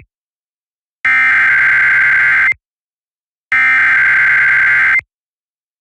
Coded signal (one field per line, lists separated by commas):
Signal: Emergency Alert System (SAME) tones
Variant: header bursts